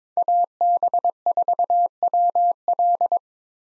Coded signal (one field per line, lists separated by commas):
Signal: Morse code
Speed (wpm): 22 wpm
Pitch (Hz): 700 Hz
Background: none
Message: AB4WL